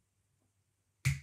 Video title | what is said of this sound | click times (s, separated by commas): Live 20th December 2020 - How To Foil With A ScanNCut (Any Model) | and push it until it makes that click sound then i'm just going to pop that back | 1.1 s